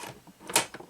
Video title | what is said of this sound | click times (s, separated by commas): Panasonic AS-300 Electric Stapler | shut, you can hear it latch. | 0.6 s